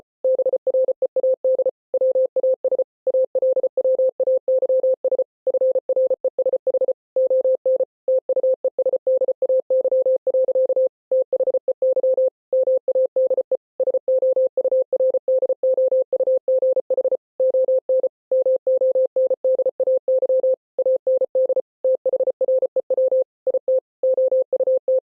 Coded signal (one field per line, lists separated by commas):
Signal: Morse code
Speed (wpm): 33 wpm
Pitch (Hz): 520 Hz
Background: none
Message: BREAD WAS ALWAYS FRESH ON TUESDAY. THEY MADE SOURDOUGH ON MONDAY AND THREW IT OUT